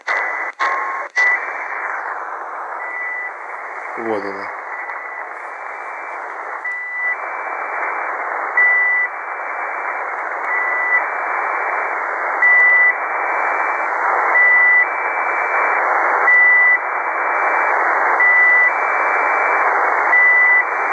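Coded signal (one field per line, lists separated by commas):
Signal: channel marker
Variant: Squeaky Wheel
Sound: hiss with a steady whistle that periodically jumps up in pitch and back down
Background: radio static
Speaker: так называемое скрипучее колесо. Она здесь неподалеку находится. Это частота 5473. Можно даже прокрутить. Вот она.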